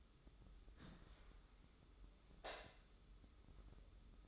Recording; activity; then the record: daily activity, microphone in the room; open dishwasher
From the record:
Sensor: 3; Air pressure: 995.8 hPa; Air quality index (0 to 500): 96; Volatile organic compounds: 13 ppm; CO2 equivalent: 2415 ppm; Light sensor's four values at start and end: 29/88/37/32 and 29/88/37/32